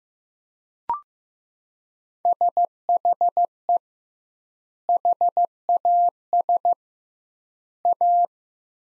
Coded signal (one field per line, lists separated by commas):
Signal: Morse code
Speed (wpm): 15 wpm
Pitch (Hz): 700 Hz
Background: none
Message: SHE HAS A